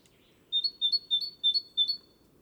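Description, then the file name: Great tit delivering a short run of five clear two-syllable phrases, each pair slightly rising, above a gentle low hum. "Parus major"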